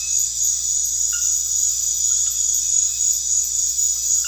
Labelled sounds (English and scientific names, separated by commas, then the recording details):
none
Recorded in pastures near Puerto Asís, Putumayo, Colombia, on 4 March 2025 at 23:00
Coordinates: 0.502, -76.324
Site GP07